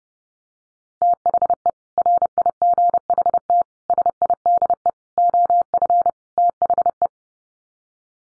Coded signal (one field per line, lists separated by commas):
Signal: Morse code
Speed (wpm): 30 wpm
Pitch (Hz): 700 Hz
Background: none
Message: THE RIGHT SIDE OF THE